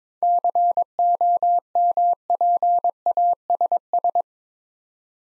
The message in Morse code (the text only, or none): COMPASS